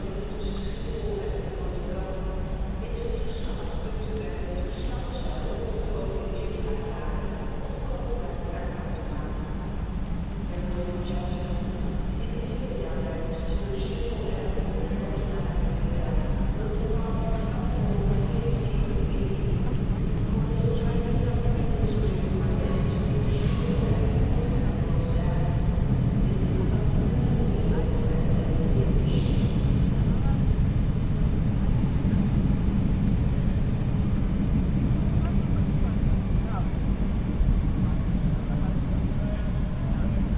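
Amsterdam Central Station, recorded binaurally: a dense crowd of voices talks over a constant low rumble of trains and machinery. The murmur stays thick and steady throughout, with a few brief clatters and thumps, and the hum grows slightly louder after about fifteen seconds.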